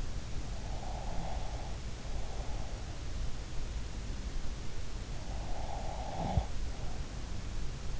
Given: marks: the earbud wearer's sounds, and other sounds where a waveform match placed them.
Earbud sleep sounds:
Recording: sounds in sleep by an in-ear microphone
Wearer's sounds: breath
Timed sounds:
0.70-2.89 s: breath
5.47-8.00 s: breath

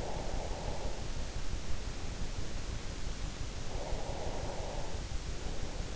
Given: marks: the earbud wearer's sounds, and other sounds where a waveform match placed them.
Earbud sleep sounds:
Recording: sounds in sleep by an in-ear microphone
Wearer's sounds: breath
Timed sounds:
0.00-1.44 s: breath
3.55-5.23 s: breath

